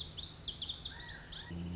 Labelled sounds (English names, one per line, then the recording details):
Lazuli Bunting
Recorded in Sonoma County, California